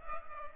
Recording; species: mosquito wingbeat signal from an infrared sensor; Culex pipiens